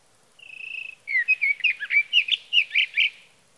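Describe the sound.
Sage Thrasher song opening with a steady whistled note, then a rapid run of varied warbled phrases repeated several times per second.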